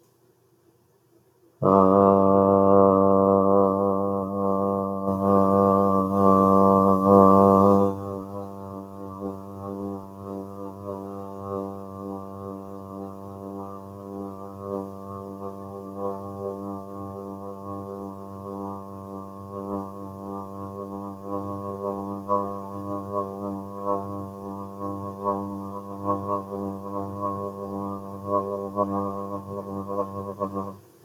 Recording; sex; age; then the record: vowel held as long as possible; male; 20 to 29 years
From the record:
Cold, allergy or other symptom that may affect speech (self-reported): no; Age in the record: 26 years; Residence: Massachusetts, United States